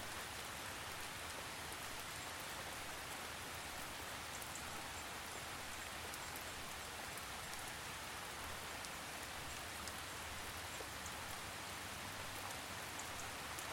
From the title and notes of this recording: Gentle Rain. Natural soothing rain sounds.